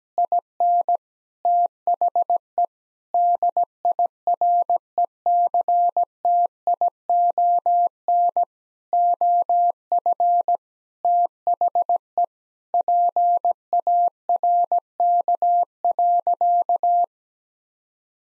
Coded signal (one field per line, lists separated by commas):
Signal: Morse code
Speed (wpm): 17 wpm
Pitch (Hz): 700 Hz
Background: none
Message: IN THE DIRECTION OF THE PARK.